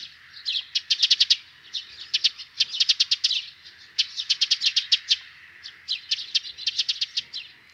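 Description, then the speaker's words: Eurasian tree sparrow uttering intense, clipped 'tek' notes in quick rattling series, several bursts separated by brief gaps. Intense 'tek-tek-tek' calling given near a nest with young. "Poikaspesän lähellä pikkuvarpusen ääntely on kiihkeää"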